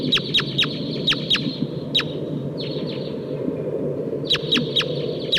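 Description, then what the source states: Red crossbill giving sharp, clipped call notes in several short series, with fainter notes in the middle, over steady low rumbling noise. Probably of the sitkensis call type.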